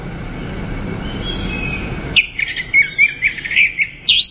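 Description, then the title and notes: Bird song: after two seconds of hiss, a fast string of whistled chirps and trills, ending with a sharp upswept note. "Bird Sound. Kicau Burung Lengkap"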